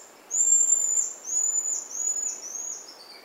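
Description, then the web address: Buffy-headed marmoset calls: drawn-out, very high, pure whistles that step down in pitch, several in sequence above a quiet hiss. South American rainforest primate. "Nature Songs S America Primates of the Rainforest Buffy-headed marmoset"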